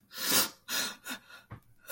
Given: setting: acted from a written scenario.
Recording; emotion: vocal sound without words; sadness